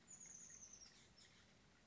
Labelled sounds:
Oak Titmouse (Baeolophus inornatus)

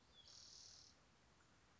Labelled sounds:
Spotted Towhee (Pipilo maculatus)

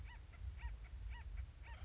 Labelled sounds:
Acorn Woodpecker (Melanerpes formicivorus)

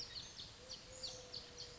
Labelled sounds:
Eurasian Collared Dove (Streptopelia decaocto)

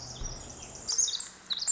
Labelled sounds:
Pacific Wren (Troglodytes pacificus)

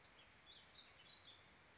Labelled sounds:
Warbling Vireo (Vireo gilvus)

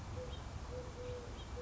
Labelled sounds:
Eurasian Collared Dove (Streptopelia decaocto)

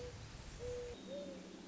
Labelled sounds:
Mourning Dove (Zenaida macroura)

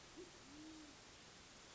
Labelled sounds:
Band-tailed Pigeon (Patagioenas fasciata)

